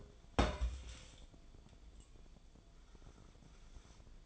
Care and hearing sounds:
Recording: daily activity, microphone in the room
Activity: place on stove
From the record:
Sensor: 5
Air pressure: 1010.0 hPa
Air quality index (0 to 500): 151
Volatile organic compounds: 3 ppm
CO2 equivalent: 1472 ppm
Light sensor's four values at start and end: 248/609/257/281 and 251/610/260/287

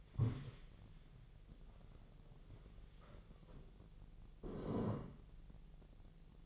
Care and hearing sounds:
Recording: daily activity, microphone in the room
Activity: stand up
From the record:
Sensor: 4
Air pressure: 1001.2 hPa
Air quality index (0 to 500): 182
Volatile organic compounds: 2 ppm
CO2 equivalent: 1300 ppm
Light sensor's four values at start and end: 14/32/13/13 and 14/32/13/13

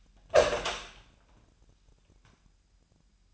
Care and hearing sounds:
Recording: daily activity, microphone in the room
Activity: open door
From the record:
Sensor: 2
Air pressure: 998.3 hPa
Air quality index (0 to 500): 139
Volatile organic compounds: 4 ppm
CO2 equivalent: 1570 ppm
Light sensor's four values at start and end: 12/35/14/14 and 12/35/14/14

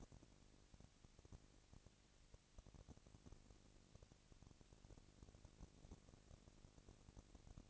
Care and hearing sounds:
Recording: daily activity, microphone in the room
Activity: no activity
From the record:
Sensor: 4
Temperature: 22.4 degrees Celsius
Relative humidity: 31.9%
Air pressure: 998.0 hPa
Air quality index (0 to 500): 203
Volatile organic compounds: 17 ppm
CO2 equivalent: 2570 ppm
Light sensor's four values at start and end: 2/3/1/1 and 2/3/1/1

